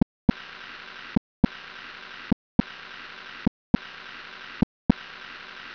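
Adult heart sounds at about 52 beats per minute, with a holodiastolic murmur filling the whole of diastole between beats.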